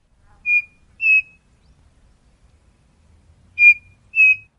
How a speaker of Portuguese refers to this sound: Confira. Saci. Muita gente conhece apenas o seu canto.